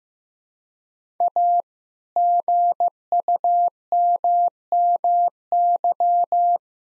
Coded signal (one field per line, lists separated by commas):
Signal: Morse code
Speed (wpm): 16 wpm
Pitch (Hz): 700 Hz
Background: none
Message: A GUMMY